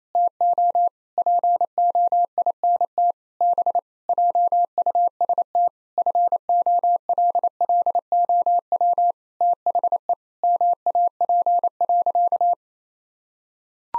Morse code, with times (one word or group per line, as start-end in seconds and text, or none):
0.2-0.9 TO
1.2-3.1 POINT
3.4-3.8 B
4.1-5.7 JUST
6.0-9.1 FOLLOW
9.4-10.1 THE
10.4-12.5 MAP.